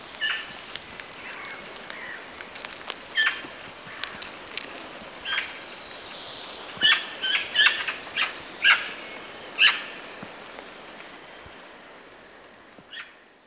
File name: Pica pica